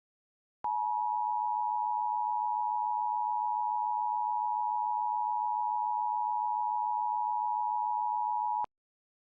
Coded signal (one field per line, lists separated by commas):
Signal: Emergency Alert System (SAME) tones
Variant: 853 and 960 Hz attention tone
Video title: [EAS SCENARIO/ANALOG HORROR] - Dark Autumn